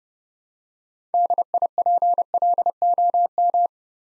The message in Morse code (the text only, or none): DIPLOM